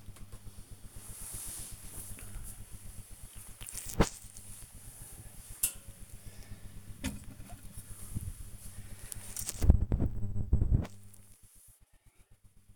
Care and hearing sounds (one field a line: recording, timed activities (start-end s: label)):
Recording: household activities, microphone on the right wrist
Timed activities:
0.04-12.76 s: dusting model cars